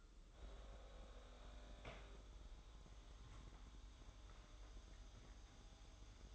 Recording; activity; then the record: daily activity, microphone in the room; make coffee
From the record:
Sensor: 3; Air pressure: 995.0 hPa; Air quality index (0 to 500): 75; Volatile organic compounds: 5 ppm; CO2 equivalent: 1741 ppm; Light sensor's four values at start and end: 16/47/20/17 and 15/47/20/17